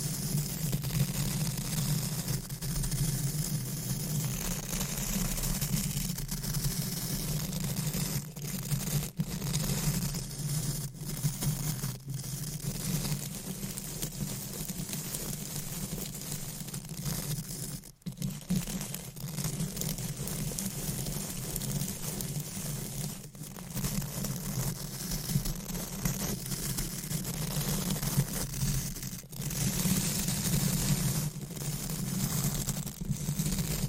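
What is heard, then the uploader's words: Dense scratching and brushing against a microphone cover, a continuous rough rustle with a strong low rumble running underneath. The texture stays fairly even, broken by brief dropouts and sharp taps near 18, 23 and 29 seconds. ASMR Mic Scratching , Tapping & Brushing with Different Mic Covers , Brushes & Nails No Talking.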